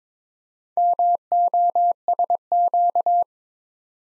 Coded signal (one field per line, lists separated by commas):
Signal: Morse code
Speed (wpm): 22 wpm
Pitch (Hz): 700 Hz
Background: none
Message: MOSQ